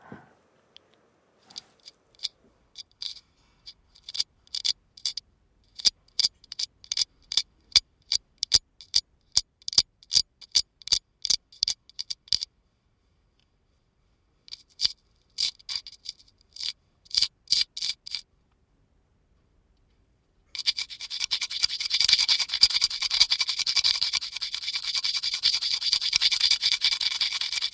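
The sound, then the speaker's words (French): Rapid, rhythmic scraping strokes in quick bursts, sharp and mid-to-high pitched, pausing briefly, then giving way to a continuous, rougher rasping scrape, as staffers restore plaster friezes inside Notre-Dame. No one speaks. “Le staffer, c'est celui qui restaure les frises dans Notre-Dame.”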